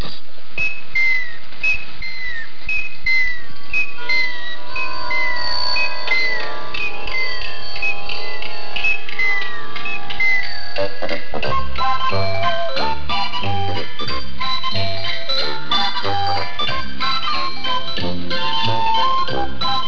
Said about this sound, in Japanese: ということで最後にもう一度ピッポピッポボンボンのテーマソング聞いてみましょう。